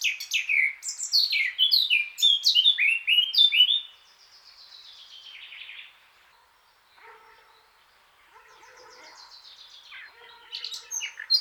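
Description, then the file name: Eurasian blackcap song: quick fluty whistled phrases for about four seconds, then a long quieter stretch of faint notes before a short bright burst near the end. "Sylvia atricapilla"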